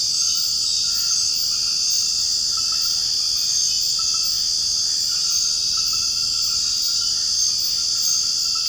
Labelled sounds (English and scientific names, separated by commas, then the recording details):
none
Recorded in secondary vegetation near Puerto Asís, Putumayo, Colombia, on 8 March 2025 at 21:30
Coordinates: 0.502, -76.326
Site G100